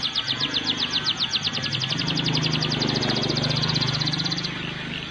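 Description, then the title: Canary song: a rapid repeated trill of high notes, over a steady low background hum. "Kenari"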